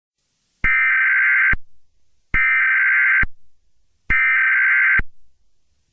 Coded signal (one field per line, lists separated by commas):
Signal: Emergency Alert System (SAME) tones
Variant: header bursts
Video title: EAS_CEM_025007_19980913_0930.avi